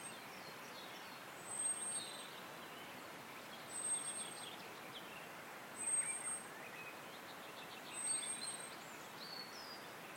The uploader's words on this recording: A walk among birdsong in Dovedale in Derbyshire. Enjoy the delights of Dovedale in this mindful walk through one of the Peak District's most beautiful valleys. Deeply relax to the gentle melodies of nature – including summer blackbirds and robins – in the latest Sound Escape from BBC Countryfile Magazine. Recorded by Andrew Griffiths and presented by ….